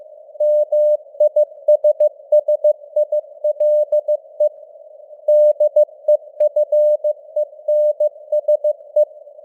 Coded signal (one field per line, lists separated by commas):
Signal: Morse code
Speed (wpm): 15 wpm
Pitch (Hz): 600 Hz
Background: none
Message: MISSILE DEFENSE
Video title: Morse Code News | 2025-12-04 | 15wpm